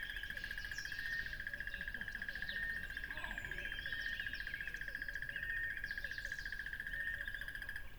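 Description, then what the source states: Cricket chirping continues as a steady rapid pulse from start to end, with lively bird calls and whistles scattered above it. Crickets recorded beside a lively tropical river.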